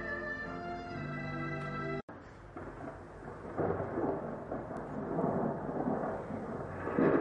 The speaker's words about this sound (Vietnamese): Trời, sao mưa lớn như thế này chứ, không thấy đường chạy xe luôn rồi.